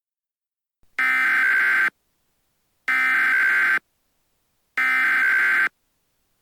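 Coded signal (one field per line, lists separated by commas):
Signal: Emergency Alert System (SAME) tones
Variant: header bursts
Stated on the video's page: A fictional EAS scenario with valid EAS tones.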